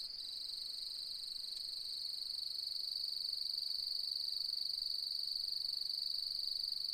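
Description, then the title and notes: Cricket song, a loud high ringing trill of fast, regular pulses that grows slightly stronger as it continues. Nocturnal cricket song beginning at dusk as the full moon rises, fluctuating; autumn, 4 May 2015; Mallee woodland, outback, Mungo National Park, NSW, Australia. "Autumnal Dusk At Mungo National Park, NSW, Australia. As the light fades and the full moon rises.. the nocturnal cricket song begins and fluctuates. Recorded on the 4th of May, 2015 in the outback"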